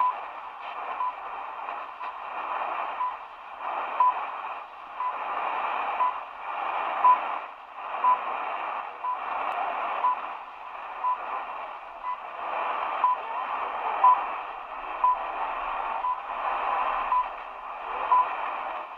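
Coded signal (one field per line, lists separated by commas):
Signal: radio time signal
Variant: HCHD-2 Ecuador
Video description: Locutor en Castellano: " Al Oír el Tono Serán las 0 horas, 42 minutos 0 segundos ", Beeps.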